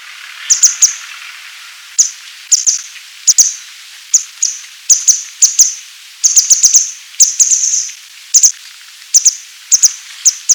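Grey Wagtail calls: sharp, very high, thin notes given singly, in pairs and in quick bursts, irregularly spaced throughout, over a faint hiss.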